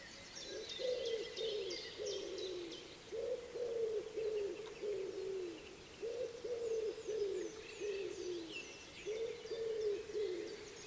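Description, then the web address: Wood pigeon coos in grouped phrases of several low, hollow notes with short pauses, accompanied by high, quick songbird calls. "cianscape. Deverinetal 2025. Bird Only"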